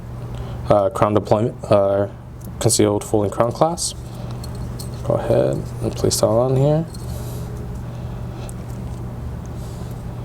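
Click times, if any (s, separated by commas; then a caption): none. A man talks while putting a 45-year-old gold Rolex watch on his wrist and handling the concealed folding crown clasp of its metal bracelet. Brief metallic taps and rustles are heard under and between his talk. The clasp has not snapped shut yet; nothing has clicked by the end of the clip.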